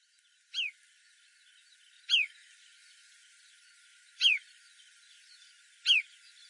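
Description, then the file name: Marsh sandpiper calls: four short, clear whistled notes, each sliding downward, spaced about two seconds apart over a quiet background. Recorded at Saga on 28 April 2013. "koaoashi 130428 saga moriya"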